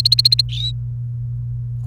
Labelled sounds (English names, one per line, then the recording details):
Domestic Canary song
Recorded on 28 April 2018 at 17:30
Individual llb3